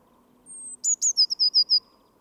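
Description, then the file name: Eurasian blue tit, a thin high whistle, then two sharp notes and a quick string of clear, slightly falling notes, all very high-pitched. "Cyanistes caeruleus"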